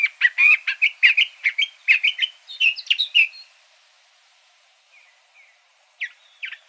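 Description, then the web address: Curve-billed thrasher song: about three seconds of quick, varied chirps and warbles, then near silence with a few soft notes and a final short burst. Recorded in Arizona. "Sound Library Mimids AZFO CBTH Deviche"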